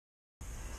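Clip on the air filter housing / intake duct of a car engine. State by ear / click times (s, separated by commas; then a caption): not seated / none. During an engine air filter change on a Volkswagen T-Cross 1.0 TSI, a plastic part on the air filter housing and intake duct is being handled. About 0.4 s of silence gives way to a sudden burst of broadband handling noise that continues to the end. Nothing has seated or clicked yet.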